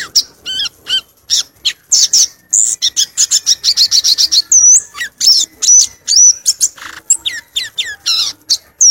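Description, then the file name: Violaceous euphonia song: quick, jumbled high twitters, chips and buzzy rattles mixed with short looping whistles, delivered almost without pause. "canto do gaturamo verdadeiro"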